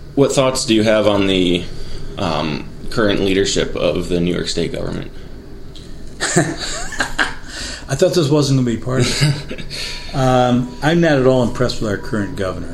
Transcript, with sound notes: What thoughts do you have on the current leadership of the New York State government?
[Laughing] I thought this wasn't going to be partisan. I'm not at all impressed with our current governor.